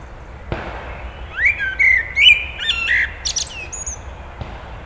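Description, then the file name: Eurasian blackbird singing one mellow, whistled phrase of slurred low notes that breaks into a sharp, high, scratchy twitter, with quiet low background noise. "Turdus merula"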